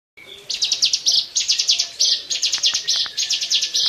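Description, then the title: Bar-winged prinia song: high, rapid buzzy notes in quick bursts after a short steady whistle at the start, with faint clicks below. "Suara Burung Ciblek"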